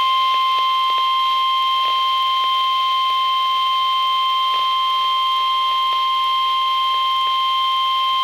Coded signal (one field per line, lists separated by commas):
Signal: Emergency Alert System (SAME) tones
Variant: 1050 Hz attention tone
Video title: Severe Thunderstorm Warning (EAS #78)